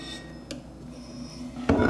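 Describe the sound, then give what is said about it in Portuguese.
Glass clinking: a single light tap early on, then a louder, rougher clatter of glass toward the end, over a low steady hum with no one talking. “Vidro.”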